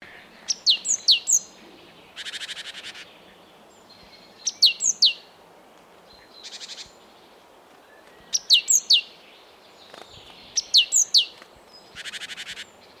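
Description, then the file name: Great tit calls repeated every few seconds: a burst of three or four thin, down-slurred notes, then a harsh buzzing churr, over a soft background hiss. "Parus major"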